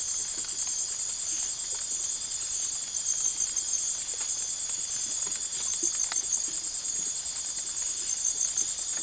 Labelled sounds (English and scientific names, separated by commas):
none